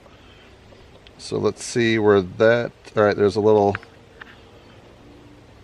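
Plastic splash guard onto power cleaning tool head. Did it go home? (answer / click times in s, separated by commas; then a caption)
no / none. Someone talks while handling a plastic splash guard and lining it up with the groove on the head of a Dremel Versa 4V Max cordless power cleaning tool, where it locks in. A brief faint tap is heard around 4.2 s over quiet background noise. Nothing has seated or clicked into place yet.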